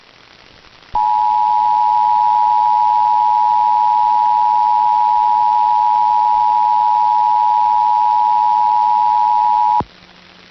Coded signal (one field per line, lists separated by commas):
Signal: Emergency Alert System (SAME) tones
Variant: 853 and 960 Hz attention tone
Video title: Kentucky's RMT on WLAP-AM (EAS #792)